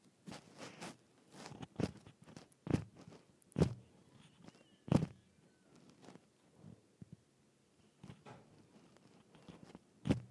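A microphone is dropped a short way, again and again, each fall landing as a sharp thump with a deep knock under it. The hardest hits come around 2.7, 3.6, 5 and 10 seconds, with softer taps, scrapes and rustling handling noise between them.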